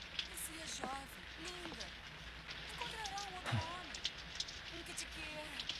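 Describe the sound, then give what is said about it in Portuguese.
Steady, even rain hisses throughout at moderate volume, with voices speaking intermittently over the constant wash. “Nós não saímos quando chove.”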